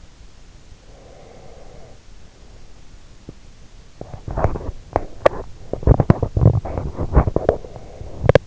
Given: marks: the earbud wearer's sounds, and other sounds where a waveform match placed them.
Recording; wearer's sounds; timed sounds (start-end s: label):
sounds in sleep by an in-ear microphone; breath, teeth grinding
0.85-2.90 s: breath
3.33-8.47 s: teeth grinding